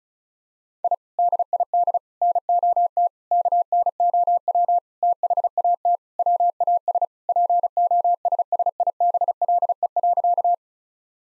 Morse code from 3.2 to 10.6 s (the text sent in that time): KNOW THAT WAS POSSIBLE.